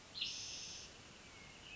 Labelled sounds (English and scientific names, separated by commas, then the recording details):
Spotted Towhee (Pipilo maculatus)
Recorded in Sonoma County, California